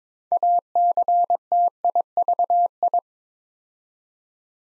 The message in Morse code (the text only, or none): ACTIVI